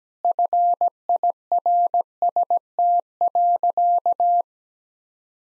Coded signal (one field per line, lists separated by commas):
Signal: Morse code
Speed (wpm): 17 wpm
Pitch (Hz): 700 Hz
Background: none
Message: FIRST.